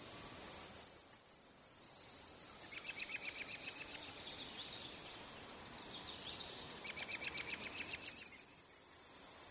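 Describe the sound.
Bird calling with a high, buzzy, rapidly trilled phrase at start and end, and softer repeated chipping notes lower down in between.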